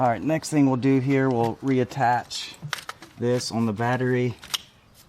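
Someone talks while a plastic terminal/fuse block is handled for reattachment onto the car battery of a 2018-2024 Buick Enclave or Chevy Traverse, with a few brief sharp handling taps. Nothing has seated or clicked into place yet.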